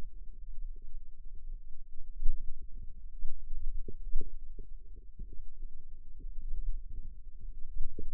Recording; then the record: forearm muscle sounds (acoustic myography)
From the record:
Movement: inward rotation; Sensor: system 2, bracelet of six BSWA MPA416 microphones around the upper forearm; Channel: 1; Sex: female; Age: 22 years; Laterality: right